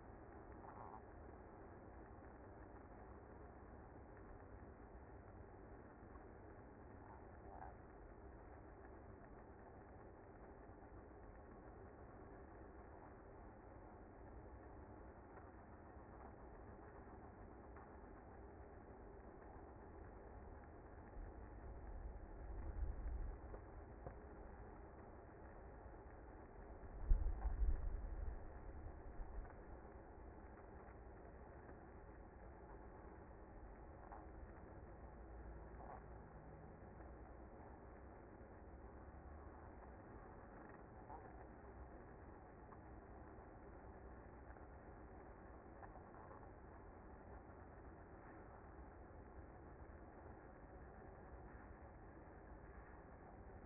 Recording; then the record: honeybee colony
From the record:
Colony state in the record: active